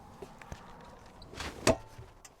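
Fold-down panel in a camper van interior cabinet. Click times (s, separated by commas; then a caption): 1.7 s. A fold-down panel in an interior cabinet of a 2022 Winnebago Travato 59G Class B camper van is folded down into position. A few faint taps are followed by a brief swishing rub around 1.4 s, then a sharp, loud click at 1.7 s as the panel latches, with a small tick after. The panel ends seated in place.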